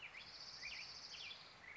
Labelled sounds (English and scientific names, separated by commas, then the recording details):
Orange-crowned Warbler (Leiothlypis celata)
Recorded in Sonoma County, California